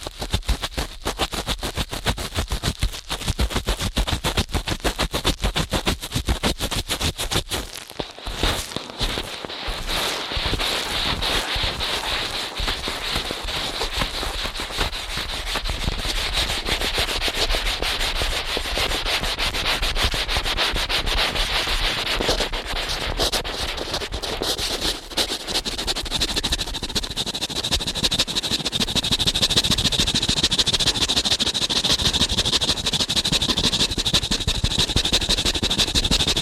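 Ear cleaning at high speed: a dense, crackly rubbing and scratching that never lets up, full of rapid clicks and pops. Around eight seconds the scraping grows choppier and rougher, and from about twenty-nine seconds a thin whistling tone rides above the louder, steadier friction.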